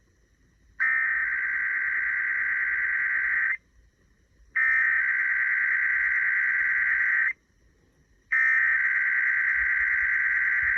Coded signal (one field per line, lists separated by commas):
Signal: Emergency Alert System (SAME) tones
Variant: header bursts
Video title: EAS Capture #14-15 - Sacramento’s RMT.